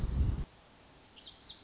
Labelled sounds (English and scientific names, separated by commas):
Lazuli Bunting (Passerina amoena)